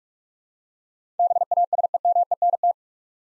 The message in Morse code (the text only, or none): BASEMENT